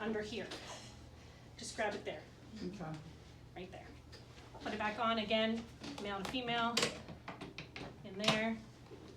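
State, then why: Not seated. Someone talks while a removed swing-away wheelchair footrest hanger is put back on, its male pin going into the female receiver on the wheelchair frame. A few brief handling knocks sound around 7.3 to 7.8 seconds. The footrest has not yet swung in and clicked into place, and its metal latch has not engaged.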